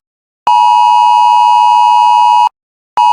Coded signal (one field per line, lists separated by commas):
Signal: Emergency Alert System (SAME) tones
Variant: 853 and 960 Hz attention tone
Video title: Substance 3592 EAS August 9th 2025 9:38 Pm